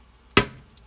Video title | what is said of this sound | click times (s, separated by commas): Blokees Transformers Galaxy 08 Live Unboxing & Building | till it snaps. | 0.4 s